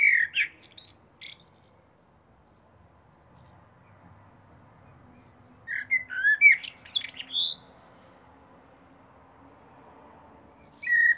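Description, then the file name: Blackbird's mellow fluted notes topped by shrill, squeaky twittering, heard in three bursts separated by long quiet gaps. "Turdus merula"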